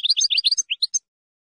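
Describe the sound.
Finch song: a rushed jumble of high, squeaky chirps packed closely together, thinning to a few separate notes and stopping within about a second.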